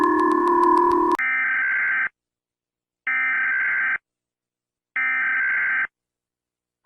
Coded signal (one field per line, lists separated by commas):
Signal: Emergency Alert System (SAME) tones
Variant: header bursts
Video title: S1: Animated EAS Alarms 8